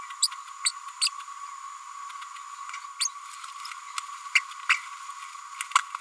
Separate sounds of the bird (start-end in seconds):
0.22-0.27, 0.64-0.72, 1.01-1.09, 2.99-3.09, 4.69-4.74